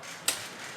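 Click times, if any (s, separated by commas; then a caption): 0.3 s. A folding shelf on a slim pantry rack is raised and the plastic/metal toggle that holds it is set in place. A single sharp click at 0.3 s stands out against quiet background noise. The toggle locks into place, holding the shelf up.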